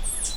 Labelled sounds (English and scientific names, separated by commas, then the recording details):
Stitchbird (Notiomystis cincta) song
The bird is a male
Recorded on Tiritiri Matangi Island, New Zealand, in 2005
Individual 10, of nest box 12